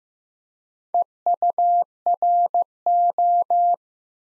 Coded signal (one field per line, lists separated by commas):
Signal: Morse code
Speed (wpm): 15 wpm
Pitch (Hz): 700 Hz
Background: none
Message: EURO